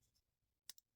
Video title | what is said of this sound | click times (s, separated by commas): My Entire (updated) Spyderco Collection. | Yeah, so that little just that little click of lock stick that's not going to kill anybody. | 0.7 s